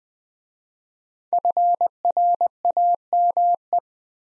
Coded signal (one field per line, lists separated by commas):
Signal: Morse code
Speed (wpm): 20 wpm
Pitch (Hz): 700 Hz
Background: none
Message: FRAME